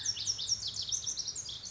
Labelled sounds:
Pacific Wren (Troglodytes pacificus)
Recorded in Sonoma County, California

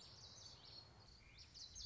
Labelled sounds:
Common Yellowthroat (Geothlypis trichas)
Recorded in Sonoma County, California

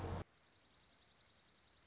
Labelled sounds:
Dark-eyed Junco (Junco hyemalis)
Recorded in Sonoma County, California

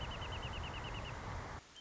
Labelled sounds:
Wrentit (Chamaea fasciata)
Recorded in Sonoma County, California

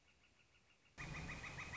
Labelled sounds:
Northern Flicker (Colaptes auratus)
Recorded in Sonoma County, California

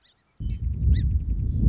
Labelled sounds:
Song Sparrow (Melospiza melodia)
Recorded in Sonoma County, California

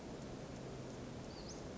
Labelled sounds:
Western Flycatcher (Empidonax difficilis)
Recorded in Sonoma County, California

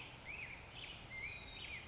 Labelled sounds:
Black-headed Grosbeak (Pheucticus melanocephalus)
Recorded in Sonoma County, California

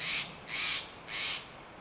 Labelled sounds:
Steller's Jay (Cyanocitta stelleri)
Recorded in Sonoma County, California

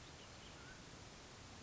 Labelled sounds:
Mountain Quail (Oreortyx pictus)
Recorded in Sonoma County, California

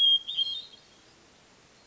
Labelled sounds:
Hermit Thrush (Catharus guttatus)
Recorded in Sonoma County, California

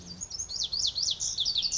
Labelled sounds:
Lazuli Bunting (Passerina amoena)
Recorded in Sonoma County, California

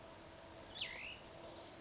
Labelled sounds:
Oak Titmouse (Baeolophus inornatus)
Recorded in Sonoma County, California

